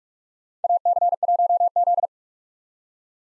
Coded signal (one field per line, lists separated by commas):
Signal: Morse code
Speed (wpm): 47 wpm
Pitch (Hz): 700 Hz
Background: none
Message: AC1Z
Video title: 2023 SOTA Chaser Call Signs - 45wpm